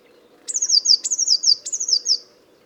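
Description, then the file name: Eurasian blue tit calls: three linked bursts, each a high piercing note leading into a falling series of quick tinkling notes, over a low steady hum. "Cyanistes caeruleus"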